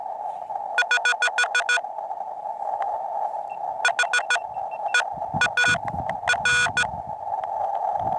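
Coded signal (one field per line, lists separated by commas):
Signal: Morse code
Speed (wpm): 14 wpm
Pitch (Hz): 1460 Hz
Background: none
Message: <HH> HEAR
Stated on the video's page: Heard during a first park activation on a backpacking trip to an Eastern Sierra lake.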